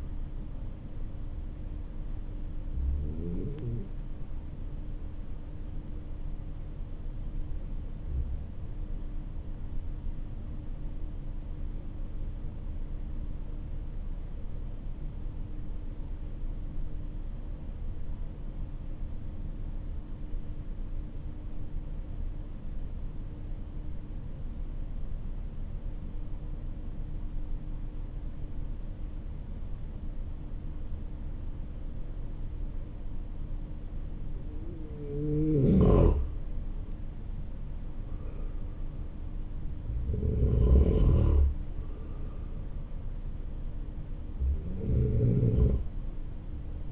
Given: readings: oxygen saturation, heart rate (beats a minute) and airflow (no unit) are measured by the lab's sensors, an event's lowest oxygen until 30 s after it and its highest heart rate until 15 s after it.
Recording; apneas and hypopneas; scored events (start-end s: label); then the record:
breathing in sleep by a smartphone at the bedside; 1
14.00-34.30 s: obstructive apnea (N2, oxygen 96% highest, then 90% lowest, heart rate 51 at the start, 57 highest)
From the record:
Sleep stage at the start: N2 (light sleep); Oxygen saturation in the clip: 91 to 96%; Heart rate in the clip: 50 to 61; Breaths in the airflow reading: 5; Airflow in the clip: -8.1 to 10.9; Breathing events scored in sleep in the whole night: 304 in 5.6 hours asleep